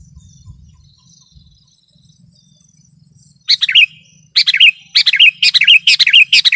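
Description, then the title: Sooty-headed bulbul song: short bubbly liquid phrases begin halfway through and come in quick bursts. A faint thin high whine and low rumbling come early on. "kutilang"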